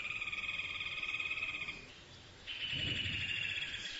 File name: Furnarius rufus